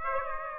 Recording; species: mosquito wingbeat signal from an infrared sensor; Aedes aegypti